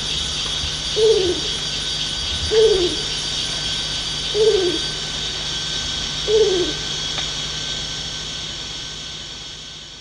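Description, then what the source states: Bornean ground cuckoo giving four low, slightly downslurred hoots about every two seconds, over a steady high insect drone and a constant hum. Recorded at Danum, 1 January 2008.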